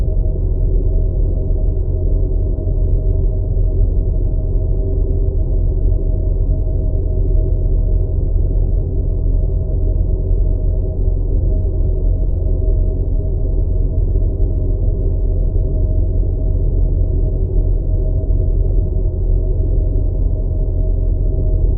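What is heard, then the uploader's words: A deep, steady noise rumbles without pause, heavy in the low end and cut off above the middle range, so nothing bright or hissy comes through. Faint tones hum inside the roar, and the level stays constant throughout with no events. Deep Intergalactic White Noise.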